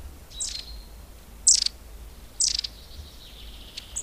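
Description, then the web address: Long-tailed tit calling: high, stuttering notes in short bursts roughly a second apart, joined by a faint, thin sustained whistle and a final high pip. "agykontroll Madardalok Cd 1. Őszapó"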